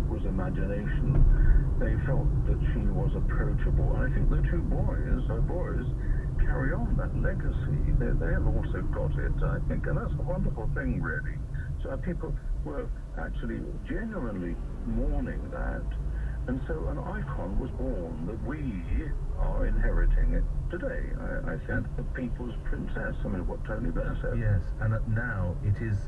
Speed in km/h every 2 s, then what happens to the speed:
32, 31, 29, 29, 24, 13, 5, 8, 11, 11, 15, 15, 15.
0-6 steady at about 29. 6-12 brakes to 5. 12-15 speeds up to 11. 15-26 steady at about 15.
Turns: none.